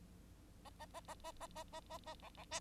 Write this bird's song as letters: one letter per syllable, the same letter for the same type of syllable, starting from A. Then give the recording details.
A A A A A A A A A A B B C. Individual Bird9